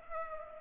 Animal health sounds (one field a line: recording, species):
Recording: mosquito wingbeat signal from an infrared sensor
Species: Culex pipiens